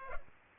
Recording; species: mosquito wingbeat signal from an infrared sensor; Culex pipiens